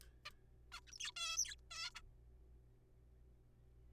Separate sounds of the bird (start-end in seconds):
0.26-0.30, 0.72-0.79, 0.87-0.92, 0.93-0.98, 1.00-1.11, 1.16-1.37, 1.37-1.55, 1.71-1.90, 1.95-2.00